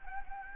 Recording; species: mosquito wingbeat signal from an infrared sensor; Anopheles gambiae